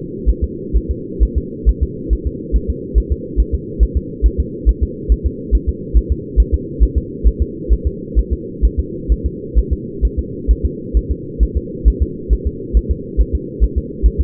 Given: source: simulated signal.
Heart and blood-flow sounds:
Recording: fetal heart sounds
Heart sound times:
0.29 s: S1
0.44 s: S2
0.77 s: S1
0.91 s: S2
1.23 s: S1
1.38 s: S2
1.69 s: S1
1.83 s: S2
2.13 s: S1
2.27 s: S2
2.56 s: S1
2.70 s: S2
2.98 s: S1
3.12 s: S2
3.40 s: S1
3.55 s: S2
3.83 s: S1
3.97 s: S2
4.26 s: S1
4.40 s: S2
4.69 s: S1
4.83 s: S2
5.12 s: S1
5.26 s: S2
5.55 s: S1
5.69 s: S2
5.97 s: S1
6.12 s: S2
6.40 s: S1
6.54 s: S2
6.83 s: S1
6.98 s: S2
7.28 s: S1
7.42 s: S2
7.73 s: S1
7.87 s: S2
8.19 s: S1
8.33 s: S2
8.65 s: S1
8.80 s: S2
9.12 s: S1
9.26 s: S2
9.59 s: S1
9.73 s: S2
10.05 s: S1
10.19 s: S2
10.51 s: S1
10.66 s: S2
10.97 s: S1
11.12 s: S2
11.43 s: S1
11.57 s: S2
11.88 s: S1
12.03 s: S2
12.33 s: S1
12.47 s: S2
12.77 s: S1
12.91 s: S2
13.21 s: S1
13.35 s: S2
13.64 s: S1
13.78 s: S2
14.06 s: S1
14.21 s: S2
From the record:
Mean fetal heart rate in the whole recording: 135 bpm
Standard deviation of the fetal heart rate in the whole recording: 3 bpm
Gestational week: 34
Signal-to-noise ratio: -4.1 dB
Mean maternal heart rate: no maternal heart sound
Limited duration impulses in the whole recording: absent

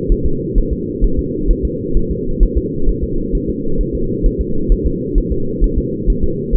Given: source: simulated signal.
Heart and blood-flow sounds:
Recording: fetal heart sounds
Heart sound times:
0.12 s: S1
0.26 s: S2
0.58 s: S1
0.73 s: S2
1.04 s: S1
1.19 s: S2
1.51 s: S1
1.65 s: S2
1.97 s: S1
2.11 s: S2
2.43 s: S1
2.58 s: S2
2.89 s: S1
3.04 s: S2
3.35 s: S1
3.49 s: S2
3.81 s: S1
3.95 s: S2
4.26 s: S1
4.41 s: S2
4.72 s: S1
4.86 s: S2
5.18 s: S1
5.32 s: S2
5.64 s: S1
5.78 s: S2
6.10 s: S1
6.24 s: S2
6.56 s: S1
From the record:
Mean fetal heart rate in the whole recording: 130 bpm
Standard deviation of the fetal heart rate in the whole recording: 2 bpm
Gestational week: 38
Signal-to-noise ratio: -8.1 dB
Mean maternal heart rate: 72 bpm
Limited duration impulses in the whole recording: absent

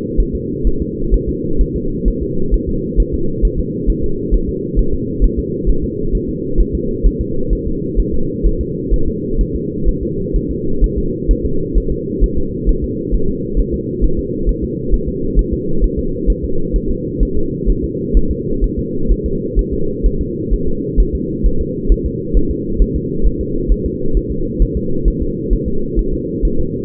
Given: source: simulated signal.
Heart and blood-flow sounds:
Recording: fetal heart sounds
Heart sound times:
0.20 s: S1
0.35 s: S2
0.67 s: S1
0.82 s: S2
1.14 s: S1
1.29 s: S2
1.61 s: S1
1.76 s: S2
2.08 s: S1
2.23 s: S2
2.54 s: S1
2.69 s: S2
3.00 s: S1
3.14 s: S2
3.45 s: S1
3.59 s: S2
3.90 s: S1
4.04 s: S2
4.34 s: S1
4.49 s: S2
4.79 s: S1
4.94 s: S2
5.24 s: S1
5.39 s: S2
5.69 s: S1
5.84 s: S2
6.15 s: S1
6.29 s: S2
6.61 s: S1
6.75 s: S2
7.07 s: S1
7.21 s: S2
7.53 s: S1
7.67 s: S2
8.00 s: S1
8.14 s: S2
8.47 s: S1
8.61 s: S2
8.94 s: S1
9.08 s: S2
9.41 s: S1
9.56 s: S2
9.89 s: S1
10.03 s: S2
10.36 s: S1
10.51 s: S2
10.84 s: S1
10.98 s: S2
11.31 s: S1
11.45 s: S2
11.78 s: S1
11.92 s: S2
12.24 s: S1
12.38 s: S2
12.69 s: S1
12.84 s: S2
13.14 s: S1
13.29 s: S2
13.59 s: S1
13.74 s: S2
14.04 s: S1
14.19 s: S2
14.49 s: S1
14.64 s: S2
14.94 s: S1
15.09 s: S2
15.39 s: S1
15.54 s: S2
15.84 s: S1
15.99 s: S2
16.30 s: S1
16.44 s: S2
16.76 s: S1
16.91 s: S2
17.23 s: S1
17.37 s: S2
17.70 s: S1
17.84 s: S2
18.17 s: S1
18.31 s: S2
18.64 s: S1
18.79 s: S2
19.12 s: S1
19.26 s: S2
19.59 s: S1
19.74 s: S2
20.06 s: S1
20.21 s: S2
20.54 s: S1
20.68 s: S2
21.00 s: S1
21.15 s: S2
21.46 s: S1
21.61 s: S2
21.92 s: S1
22.06 s: S2
22.37 s: S1
22.51 s: S2
22.82 s: S1
22.96 s: S2
23.27 s: S1
23.41 s: S2
23.72 s: S1
23.86 s: S2
24.17 s: S1
24.32 s: S2
24.62 s: S1
24.77 s: S2
25.08 s: S1
25.22 s: S2
25.53 s: S1
25.68 s: S2
25.99 s: S1
26.14 s: S2
26.45 s: S1
26.60 s: S2
From the record:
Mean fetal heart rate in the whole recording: 130 bpm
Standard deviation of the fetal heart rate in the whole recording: 2 bpm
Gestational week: 36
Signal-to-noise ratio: -8.1 dB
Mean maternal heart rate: 72 bpm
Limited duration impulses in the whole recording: absent

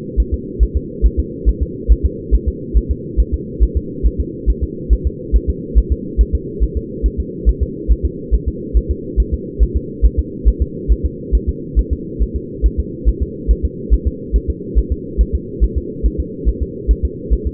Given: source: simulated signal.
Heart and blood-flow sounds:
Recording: fetal heart sounds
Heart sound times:
0.20 s: S1
0.34 s: S2
0.63 s: S1
0.77 s: S2
1.06 s: S1
1.20 s: S2
1.49 s: S1
1.63 s: S2
1.92 s: S1
2.06 s: S2
2.34 s: S1
2.48 s: S2
2.77 s: S1
2.91 s: S2
3.20 s: S1
3.34 s: S2
3.63 s: S1
3.77 s: S2
4.06 s: S1
4.20 s: S2
4.50 s: S1
4.64 s: S2
4.93 s: S1
5.07 s: S2
5.36 s: S1
5.50 s: S2
5.78 s: S1
5.92 s: S2
6.21 s: S1
6.35 s: S2
6.63 s: S1
6.77 s: S2
7.06 s: S1
7.20 s: S2
7.49 s: S1
7.63 s: S2
7.92 s: S1
8.05 s: S2
8.34 s: S1
8.48 s: S2
8.77 s: S1
8.91 s: S2
9.20 s: S1
9.34 s: S2
9.63 s: S1
9.77 s: S2
10.05 s: S1
10.19 s: S2
10.48 s: S1
10.62 s: S2
10.92 s: S1
11.06 s: S2
11.35 s: S1
11.49 s: S2
11.79 s: S1
11.93 s: S2
12.22 s: S1
12.36 s: S2
12.66 s: S1
12.80 s: S2
13.09 s: S1
13.22 s: S2
13.51 s: S1
13.65 s: S2
13.94 s: S1
14.07 s: S2
14.36 s: S1
14.50 s: S2
14.78 s: S1
14.92 s: S2
15.21 s: S1
15.35 s: S2
15.64 s: S1
15.78 s: S2
16.06 s: S1
16.20 s: S2
16.49 s: S1
16.62 s: S2
16.91 s: S1
17.05 s: S2
17.33 s: S1
17.47 s: S2
From the record:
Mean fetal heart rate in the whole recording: 140 bpm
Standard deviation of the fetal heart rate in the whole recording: 2 bpm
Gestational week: 34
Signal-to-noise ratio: -4.1 dB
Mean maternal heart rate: no maternal heart sound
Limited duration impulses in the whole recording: absent

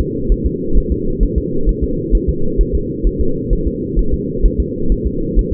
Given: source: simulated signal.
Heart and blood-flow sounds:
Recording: fetal heart sounds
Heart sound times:
0.01 s: S2
0.32 s: S1
0.46 s: S2
0.78 s: S1
0.92 s: S2
1.23 s: S1
1.38 s: S2
1.69 s: S1
1.84 s: S2
2.15 s: S1
2.29 s: S2
2.61 s: S1
2.75 s: S2
3.07 s: S1
3.21 s: S2
3.53 s: S1
3.67 s: S2
3.99 s: S1
4.14 s: S2
4.46 s: S1
4.60 s: S2
4.92 s: S1
5.07 s: S2
5.39 s: S1
5.53 s: S2
From the record:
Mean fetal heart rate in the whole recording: 130 bpm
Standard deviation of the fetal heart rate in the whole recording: 2 bpm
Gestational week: 36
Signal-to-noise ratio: -8.1 dB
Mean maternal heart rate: 72 bpm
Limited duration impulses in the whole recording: absent

